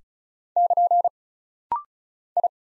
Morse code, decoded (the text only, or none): <KN> I